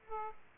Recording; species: mosquito wingbeat signal from an infrared sensor; Aedes aegypti